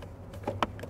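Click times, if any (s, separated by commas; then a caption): 0.6 s. A plastic steering column cover is pressed onto the steering column shroud during dash reassembly on a 2021 F-150. Against a low steady hum with a few faint taps, one sharp, loud click rings out at 0.6 s as the cover snaps into place and is seated.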